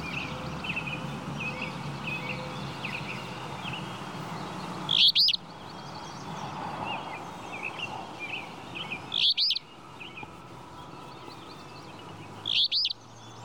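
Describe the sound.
Flycatcher calls: three short, sharp, high-pitched notes spaced three to four seconds apart, with faint, softer chirps and steady background noise in between.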